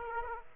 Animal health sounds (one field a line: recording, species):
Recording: mosquito wingbeat signal from an infrared sensor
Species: Aedes aegypti